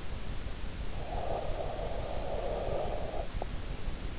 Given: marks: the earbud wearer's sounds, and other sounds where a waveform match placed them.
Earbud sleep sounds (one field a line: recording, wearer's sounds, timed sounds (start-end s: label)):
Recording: sounds in sleep by an in-ear microphone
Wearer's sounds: breath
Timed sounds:
0.75-3.75 s: breath